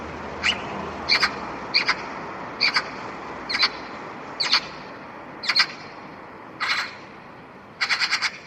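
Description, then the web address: Bird repeating short, harsh doubled notes about every second, ending with a quick rattling run of notes. "cianscape birddata Deverinetal 2025 File origin Bird Only"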